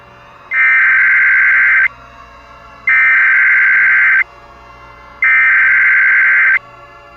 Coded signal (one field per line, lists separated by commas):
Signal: Emergency Alert System (SAME) tones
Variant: header bursts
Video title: EAS Scenario WWIII/ Contaminated Water